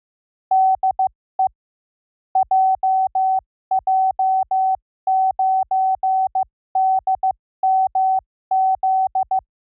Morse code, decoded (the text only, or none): DE JJ9DMZ